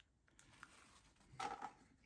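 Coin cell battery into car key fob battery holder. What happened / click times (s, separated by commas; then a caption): Handled, not yet home: a coin battery is being worked into a small holder / none. A coin cell battery is handled against the battery holder of a Citroen C4 car key fob, with a faint tick near 0.6 s and a louder burst of small scraping, rubbing contact sounds around 1.4 to 1.7 s. The battery has not snapped or seated into the holder yet.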